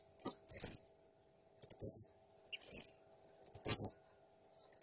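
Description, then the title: Blue-crowned hanging parrot song: very high, thin chirps and short buzzy trills in several bursts, with silent gaps between them. Active, clear-singing (gacor) cage bird; master song used for training other cage birds. "Masteran Burung Serindit Ll Masteran Serindit Gacor Jernih"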